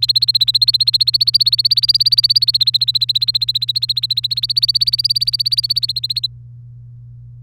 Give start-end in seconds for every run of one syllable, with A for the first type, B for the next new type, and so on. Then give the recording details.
0.00-6.26 A. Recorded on 3 May 2018 at 05:53. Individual llb3